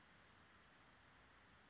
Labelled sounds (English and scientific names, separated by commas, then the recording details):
Western Flycatcher (Empidonax difficilis)
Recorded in Sonoma County, California